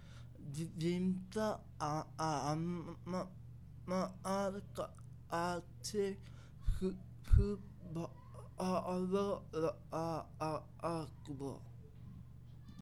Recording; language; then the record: elicited speech; Bengali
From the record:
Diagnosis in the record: Broca's or global aphasia after a stroke